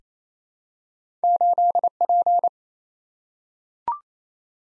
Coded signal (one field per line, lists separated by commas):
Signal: Morse code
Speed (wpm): 28 wpm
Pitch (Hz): 700 Hz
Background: none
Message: 8P